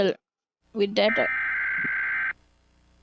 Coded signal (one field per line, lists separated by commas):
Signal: Emergency Alert System (SAME) tones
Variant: header bursts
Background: speech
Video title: EAS alarms from around the world 🚨🌍